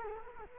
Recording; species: mosquito wingbeat signal from an infrared sensor; Culex quinquefasciatus